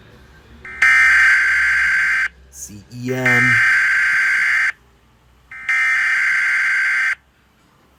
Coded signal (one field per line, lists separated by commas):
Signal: Emergency Alert System (SAME) tones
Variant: header bursts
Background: speech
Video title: Reacting To EAS Scenario #2: Global Hurricane Part One By Superstar Studios Animations